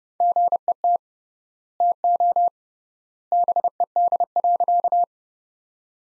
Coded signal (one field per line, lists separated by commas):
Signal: Morse code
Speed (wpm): 30 wpm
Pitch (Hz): 700 Hz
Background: none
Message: GET TO BED.